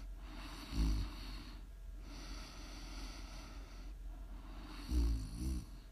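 Two low, rattling snores sound about four seconds apart, fitting a breathing rate near 15 a minute, with quiet breathing between them over a steady background hiss. Each snore has a fluttering, vibrating quality typical of ordinary sleep snoring.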